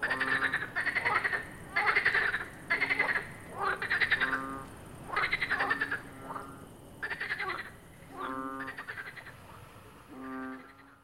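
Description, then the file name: Frog chorus with separate rattling croaks about a second apart, growing quieter toward the end. "grenouilles"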